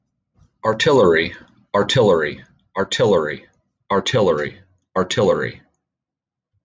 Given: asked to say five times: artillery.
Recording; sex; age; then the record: repeated word; male; 40 to 49 years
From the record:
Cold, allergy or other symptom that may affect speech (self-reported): no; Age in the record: 47 years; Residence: New York, United States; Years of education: 14